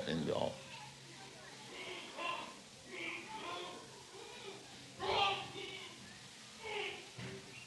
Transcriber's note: yelling